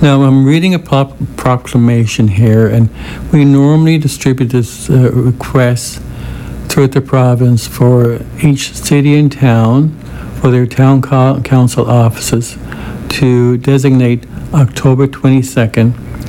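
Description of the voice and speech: A man who stutters reads a proclamation aloud in a steady, clear voice, with brief sound repetitions and held onsets: a doubled 'p' in 'proclamation', a word he has trouble saying, a doubled 'k' in 'council', and a stretched 'to'. These mild repetitions and prolongations fit adult stuttering.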